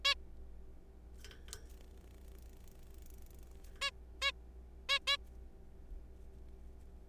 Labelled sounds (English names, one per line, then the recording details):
Zebra Finch
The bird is a juvenile
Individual R3428